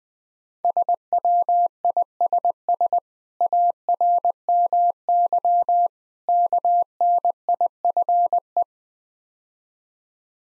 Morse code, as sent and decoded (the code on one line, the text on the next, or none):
... .-- .. ... ... / .- .-. -- -.-- / -.- -. .. ..-. .
SWISS ARMY KNIFE